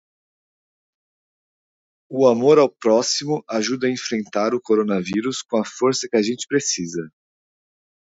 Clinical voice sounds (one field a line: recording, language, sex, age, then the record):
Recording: spoken sentence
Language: Brazilian Portuguese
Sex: male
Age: 30 to 39 years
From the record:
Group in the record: control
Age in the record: 37 years